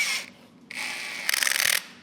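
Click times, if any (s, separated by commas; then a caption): 1.3 s, 1.4 s, 1.5 s, 1.7 s. A drill set to almost no torque drives a mounting bolt on a TOTO WASHLET+ Nexus S7 bidet toilet, with a short high whir followed by a longer steady motor whir. The clutch ratchets with sharp clicks at 1.3, 1.3, 1.4, 1.5, 1.7 and 1.7 seconds, slipping at the low torque setting.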